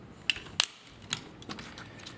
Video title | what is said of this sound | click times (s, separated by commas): KFC Toys Simba - Masterpiece Victory Leo / Victory Saber - Preview | And it'll lock into place. | 0.3 s, 0.6 s